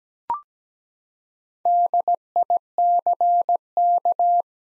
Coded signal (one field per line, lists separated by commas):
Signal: Morse code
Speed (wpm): 17 wpm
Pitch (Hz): 700 Hz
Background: none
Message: DICK